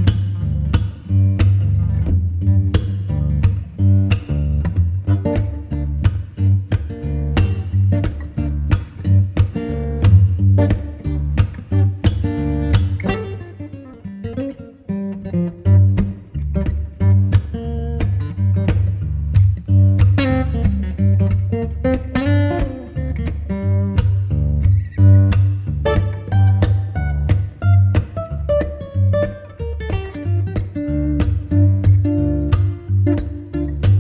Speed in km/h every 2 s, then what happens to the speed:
144, 144, 144, 144, 142, 144, 144, 144, 142, 144, 144, 144, 144, 144, 144, 144, 146.
0-34 steady at about 144.